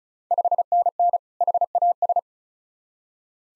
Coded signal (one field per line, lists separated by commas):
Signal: Morse code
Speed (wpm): 36 wpm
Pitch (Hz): 700 Hz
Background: none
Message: 5NN HAS